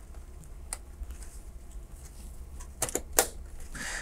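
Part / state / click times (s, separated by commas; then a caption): DDR4 memory module into server DIMM slot / seated / 0.7 s, 3.2 s. A DDR4 memory module is pushed down into a DIMM slot in an HPE ProLiant DL580 Gen9 server until the plastic retention tabs at each end snap onto it. A quiet click at 0.7 s is followed by a few small ticks around 2.8–3.0 s, then a louder, sharp click at 3.2 s as a tab hooks onto the side of the module and pulls it down. The module is fully seated in the slot.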